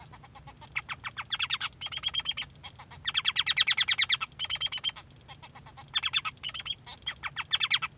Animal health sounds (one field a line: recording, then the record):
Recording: song of a male Bengalese finch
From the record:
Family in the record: son of father 3